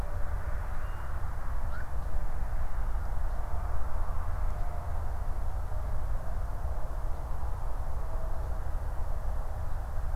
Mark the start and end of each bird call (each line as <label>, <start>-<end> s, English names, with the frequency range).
Black-crowned Night-Heron (1.0-5.4 kHz), 1.69-1.84 s